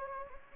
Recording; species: mosquito wingbeat signal from an infrared sensor; Anopheles gambiae